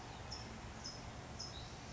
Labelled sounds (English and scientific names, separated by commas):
California Towhee (Melozone crissalis)